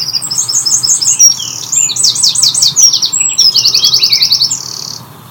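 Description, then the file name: Eurasian wren song: a loud, high, rapid series of ringing trills and buzzy rattles, shifting pitch several times over about five seconds, with faint background hum. "Troglodytes troglodytes"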